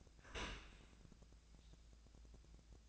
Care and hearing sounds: daily activity, microphone in the room; open dishwasher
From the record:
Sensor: 2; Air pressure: 1000.4 hPa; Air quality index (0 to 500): 166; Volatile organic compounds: 3 ppm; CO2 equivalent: 1378 ppm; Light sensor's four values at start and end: 12/32/12/14 and 12/32/12/14

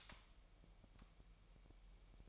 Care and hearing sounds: daily activity, microphone in the room; light off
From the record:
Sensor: 1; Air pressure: 1001.9 hPa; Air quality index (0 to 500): 249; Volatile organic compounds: 55 ppm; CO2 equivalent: 3354 ppm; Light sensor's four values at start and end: 15/48/19/19 and 5/11/4/5

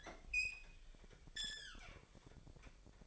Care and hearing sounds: daily activity, microphone in the room; open fridge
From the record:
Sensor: 5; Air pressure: 1002.1 hPa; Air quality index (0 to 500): 219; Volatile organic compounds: 26 ppm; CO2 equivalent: 2852 ppm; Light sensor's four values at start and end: 9/22/9/10 and 11/25/10/12

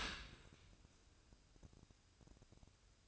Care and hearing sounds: daily activity, microphone in the room; open dishwasher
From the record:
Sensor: 2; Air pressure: 1003.0 hPa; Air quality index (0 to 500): 199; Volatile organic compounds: 6 ppm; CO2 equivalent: 1888 ppm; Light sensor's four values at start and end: 24/59/26/28 and 24/59/26/28

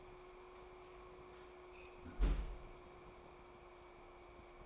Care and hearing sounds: daily activity, microphone in the room; close fridge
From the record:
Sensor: 1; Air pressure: 1004.6 hPa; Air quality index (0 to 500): 194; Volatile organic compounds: 17 ppm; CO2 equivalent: 2564 ppm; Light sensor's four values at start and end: 5/11/4/4 and 5/11/4/4

